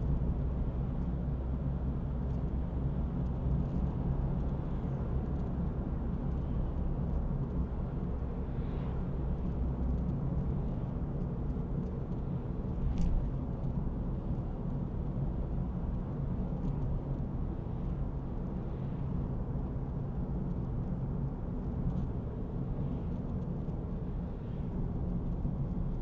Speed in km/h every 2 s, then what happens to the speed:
49, 53, 57, 60, 62, 63, 61, 59, 56, 56, 55, 55, 55.
0-8 speeds up to 62. 8-26 steady at about 56.